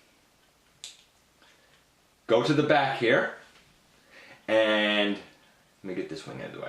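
A plastic elbow slider joint on a Transformers Prime Dark Energon Starscream transforming action figure's arm is pulled down until it clicks into place, giving a better-than-90-degree elbow bend, though the plastic feels thin. A single sharp click is heard at 0.8 s as the joint seats. Someone then talks.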